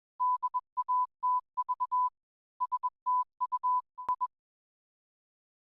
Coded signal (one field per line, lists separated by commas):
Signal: Morse code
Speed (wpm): 21 wpm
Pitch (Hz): 1000 Hz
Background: none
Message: DATV STU I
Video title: DATV Experimenter's Night - 2024 Summer Field Day Wrap-Up, Class Licence Q&A + more